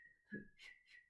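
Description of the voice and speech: A brief, high, steady whistle rises and falls in two quick pulses within about a second, with a soft breathy sound in between and no words. It is a sudden, involuntary whistling sound tic from an adult woman with Tourette syndrome.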